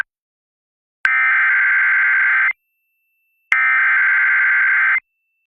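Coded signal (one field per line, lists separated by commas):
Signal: Emergency Alert System (SAME) tones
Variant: header bursts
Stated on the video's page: Personally captured thunderstorm-related EAS alerts.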